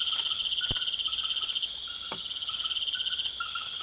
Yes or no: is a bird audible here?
no